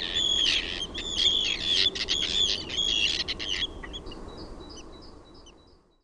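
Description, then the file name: Arctic tern calling, a burst of rasping, overtone-rich cries run together for nearly four seconds, then fading to a few thin notes. "LAPINTIIRA"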